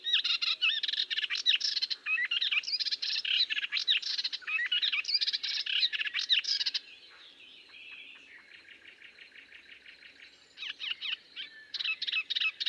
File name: British Library - Melodious Warbler Hippolais polyglotta